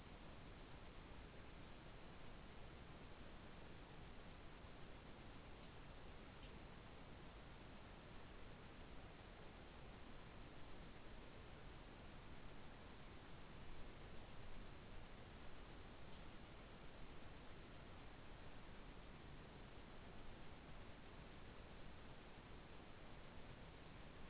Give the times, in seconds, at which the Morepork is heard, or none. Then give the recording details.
none. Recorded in New Zealand. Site Taranaki